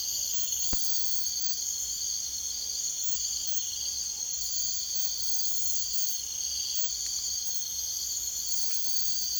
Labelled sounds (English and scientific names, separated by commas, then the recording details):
none
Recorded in secondary vegetation near Puerto Asís, Putumayo, Colombia, on 22 June 2025
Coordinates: 0.488, -76.319
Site G094